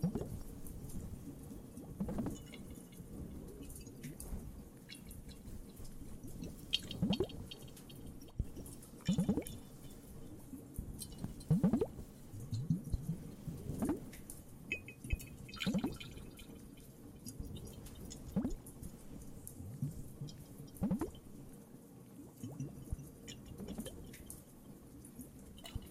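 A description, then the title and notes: Water drips and trickles over a steady low rumble, with bright, sharp drop sounds landing every couple of seconds, some with a quick rising ring. Faint crackles and pops scatter through the upper range, and the overall level stays fairly even throughout. Some more Cave ASMR, Water and Fireplace added.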